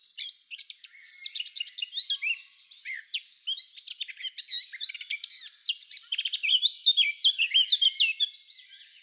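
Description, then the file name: Eurasian blackcap singing a continuous, hurried warble of mixed scratchy, twittering and whistled notes, growing louder toward the close. "Sylvia atricapilla"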